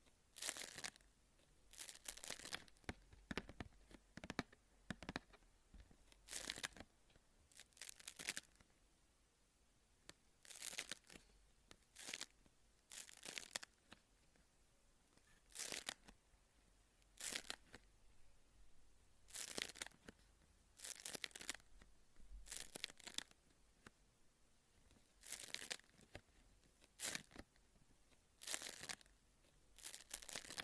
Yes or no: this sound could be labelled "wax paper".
yes